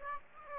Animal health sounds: mosquito wingbeat signal from an infrared sensor; Aedes aegypti

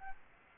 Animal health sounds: mosquito wingbeat signal from an infrared sensor; Aedes aegypti

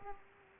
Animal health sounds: mosquito wingbeat signal from an infrared sensor; Aedes aegypti

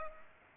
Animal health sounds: mosquito wingbeat signal from an infrared sensor; Culex pipiens

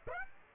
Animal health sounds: mosquito wingbeat signal from an infrared sensor; Aedes aegypti

